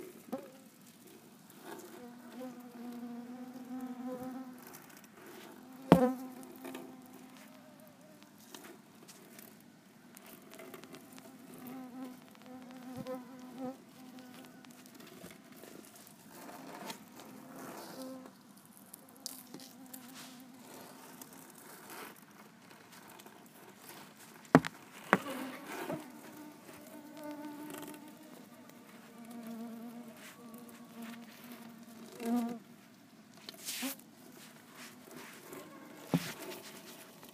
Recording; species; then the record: mosquito flight sound by mobile phone; Culex tarsalis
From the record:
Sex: female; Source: PrakashLab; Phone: iPhone 4S